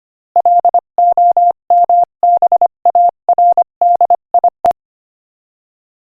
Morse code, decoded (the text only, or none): LOMBARDIE